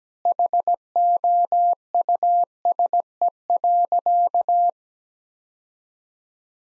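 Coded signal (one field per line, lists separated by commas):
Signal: Morse code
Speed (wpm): 17 wpm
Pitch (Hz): 700 Hz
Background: none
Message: HOUSE.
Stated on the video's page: Practice sentences from the top 300 words at 17 wpm with 3x standard word spacing, analogous to the Farnsworth method.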